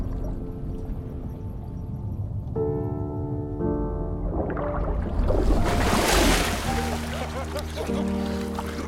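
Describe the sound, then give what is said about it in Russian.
A loud, rushing splash of water as two people who jumped from a roof holding hands drop into a swimming pool below; it surges up midway and fades over a few seconds, with steady tonal music playing underneath before and after. “Они опускаются в воду бассейна внизу.”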